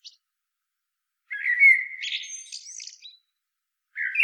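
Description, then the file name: Common blackbird giving one long phrase: a steady low fluted whistle sliding into a jumbled, squeaky twitter, then silence before another phrase begins at the end. "Turdus merula"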